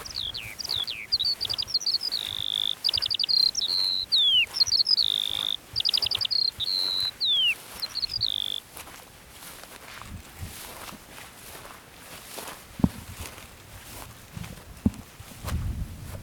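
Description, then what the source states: Lark song: a run of high, sweet whistled phrases with quick downslurs and short repeated notes for about eight seconds, then only faint rustling and a few soft taps. Lark on a post, 19 June 2021, 09:48.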